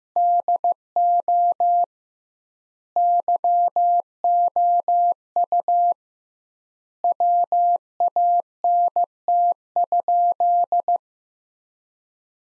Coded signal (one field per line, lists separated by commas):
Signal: Morse code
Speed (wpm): 16 wpm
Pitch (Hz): 700 Hz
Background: none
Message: DO YOU WANT?